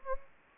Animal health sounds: mosquito wingbeat signal from an infrared sensor; Anopheles gambiae

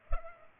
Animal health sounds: mosquito wingbeat signal from an infrared sensor; Culex pipiens

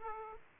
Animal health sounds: mosquito wingbeat signal from an infrared sensor; Aedes aegypti

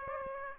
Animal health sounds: mosquito wingbeat signal from an infrared sensor; Aedes aegypti

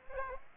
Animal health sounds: mosquito wingbeat signal from an infrared sensor; Aedes aegypti

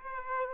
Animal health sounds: mosquito wingbeat signal from an infrared sensor; Aedes aegypti

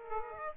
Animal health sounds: mosquito wingbeat signal from an infrared sensor; Aedes aegypti

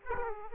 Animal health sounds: mosquito wingbeat signal from an infrared sensor; Aedes aegypti

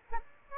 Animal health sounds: mosquito wingbeat signal from an infrared sensor; Aedes aegypti

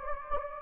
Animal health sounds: mosquito wingbeat signal from an infrared sensor; Anopheles gambiae

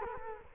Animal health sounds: mosquito wingbeat signal from an infrared sensor; Culex quinquefasciatus

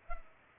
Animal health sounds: mosquito wingbeat signal from an infrared sensor; Culex pipiens

